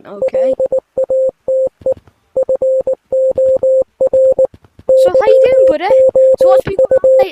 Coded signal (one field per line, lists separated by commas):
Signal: Morse code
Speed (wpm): 19 wpm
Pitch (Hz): 520 Hz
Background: speech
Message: LATE FOR YOU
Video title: Translate the Morse code